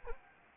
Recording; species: mosquito wingbeat signal from an infrared sensor; Anopheles arabiensis